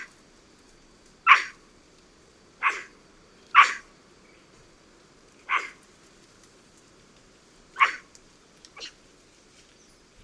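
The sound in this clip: White-throated capuchin producing a series of abrupt, hoarse barks, five calls at irregular gaps, then a fainter call.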